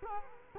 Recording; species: mosquito wingbeat signal from an infrared sensor; Culex quinquefasciatus